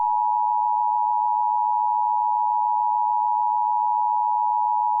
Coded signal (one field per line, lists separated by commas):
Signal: Emergency Alert System (SAME) tones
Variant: 853 and 960 Hz attention tone